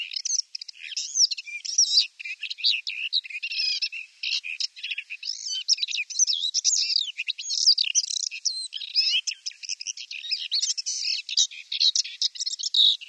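Paddyfield warbler singing a rapid, nearly continuous jumble of scratchy high notes.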